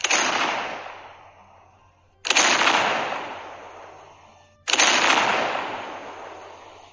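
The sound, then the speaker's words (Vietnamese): Three heavy blasts from a battery of eight great cannons fire at steady intervals about two seconds apart, each a sharp, loud boom that rolls off into a long rumbling decay, with no voices present. “8 cái nòng của thần cơ đại pháo đồng thời bắn ra những luồng đạn nóng bỏng.”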